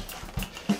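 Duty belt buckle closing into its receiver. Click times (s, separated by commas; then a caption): 0.4 s. A nylon police duty belt buckle is fastened around a waist and closes into its receiver with a click at 0.4 s, and it seats in place. Several softer clicks and rustles follow, and no one talks.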